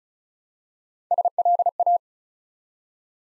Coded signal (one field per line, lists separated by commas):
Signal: Morse code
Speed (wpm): 36 wpm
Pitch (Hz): 700 Hz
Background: none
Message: SLA